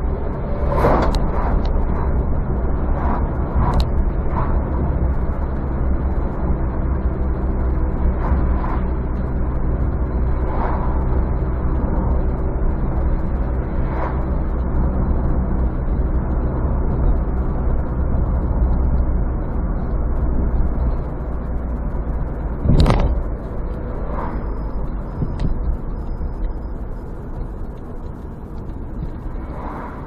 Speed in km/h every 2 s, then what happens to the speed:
74, 75, 75, 69, 68, 67, 68, 68, 66, 66, 64, 62, 61, 44, 36.
0-30 slows to 36.